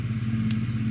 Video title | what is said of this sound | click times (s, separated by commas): AGORA Models 1:200 Scale Build the RMS TITANIC Shipment 1 (Build Video) | it's gonna click into place just like this | 0.5 s